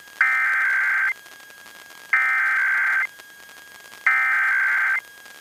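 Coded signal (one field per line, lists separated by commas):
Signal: Emergency Alert System (SAME) tones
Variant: header bursts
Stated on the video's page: Real monthly EAS test on an FM broadcast station, received on a Midland WR400 about 24 miles from the transmitter, with noticeable hum.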